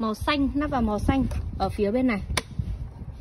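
A green-marked side brush is handled over its matching green-marked mount on the underside of an Ecovac X1 OMNI robot vacuum, to be pressed straight down onto the drive hub. Someone talks throughout, with one brief sharp broadband sound near 2.4 s. Nothing has seated or clicked into place yet.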